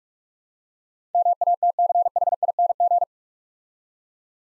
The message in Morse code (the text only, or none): MATCHING